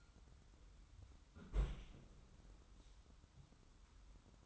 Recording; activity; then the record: daily activity, microphone in the room; close fridge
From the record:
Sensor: 3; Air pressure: 994.4 hPa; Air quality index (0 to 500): 208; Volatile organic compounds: 1000 ppm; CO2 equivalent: 6960 ppm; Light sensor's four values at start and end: 189/454/192/191 and 198/477/202/201